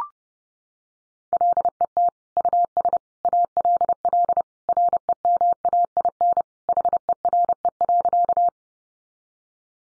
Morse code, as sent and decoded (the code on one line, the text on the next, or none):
.-.. . - / ..- ... / .- .-.. .-.. / .-. . -- .- .. -. / .... . .-. . .-.-.-
LET US ALL REMAIN HERE.